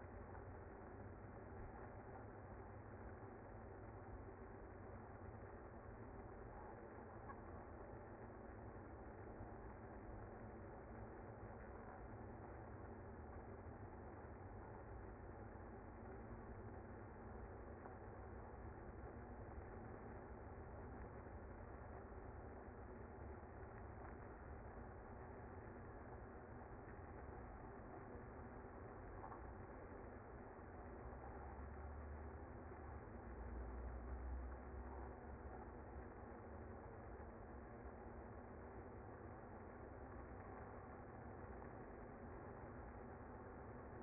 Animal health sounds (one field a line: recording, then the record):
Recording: honeybee colony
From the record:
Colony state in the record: active